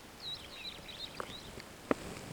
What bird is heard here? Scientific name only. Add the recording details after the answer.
Lamprotornis superbus. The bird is a male. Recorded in Kenya on 26 June 2010. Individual 7, of group CF1